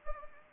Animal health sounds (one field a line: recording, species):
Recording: mosquito wingbeat signal from an infrared sensor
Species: Anopheles gambiae